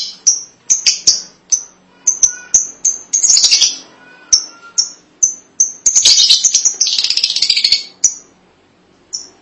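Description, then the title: Lovebird calls: steady high-pitched chirps interrupted by two bursts of fast, scratchy chattering. "BM Suara Burung Lovebird"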